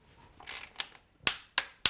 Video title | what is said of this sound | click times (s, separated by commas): PIER CITY CYCLES TUTORIAL - BMW R9T Exhaust Silencer Remove & Refit | Smooth that around until we get a nice positive click, or | 1.3 s